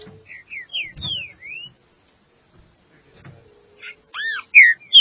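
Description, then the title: Green-winged saltator song: a short series of clear slurred whistles, a quiet pause, then louder arched whistled notes at the end. "Trinca Ferro"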